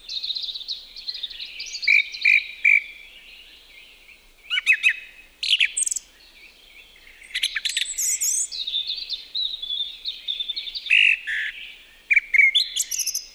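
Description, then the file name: Song thrush song: loud, varied phrases of sharp whistled notes, one short note given three times in quick succession, separated by brief pauses. "laulurastas"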